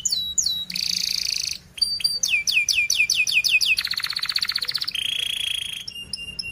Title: Kenari Gacor Speed RAPAT Cuit Cuit Ngero L Suara Bagus Untuk Pancingan Kenari Paud Belajar Bunyi